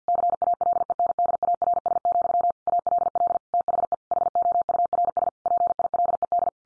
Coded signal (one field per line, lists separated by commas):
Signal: Morse code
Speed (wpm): 50 wpm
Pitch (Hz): 700 Hz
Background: none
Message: CALENDARS, ALL THE HOURS PILED